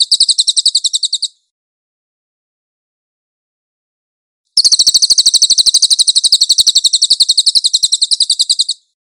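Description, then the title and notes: Velvet-fronted nuthatch giving rapid, high-pitched trilled chatter. A short burst ends, a long silent pause follows, then a steady four-second run of quick notes. Song from a nonstop recording for training cage birds. "MASTER SUARA BURUNG CILILIN. CICILIN"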